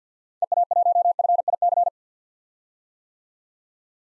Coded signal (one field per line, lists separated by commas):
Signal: Morse code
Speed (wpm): 50 wpm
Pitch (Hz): 700 Hz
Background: none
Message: EA1FIC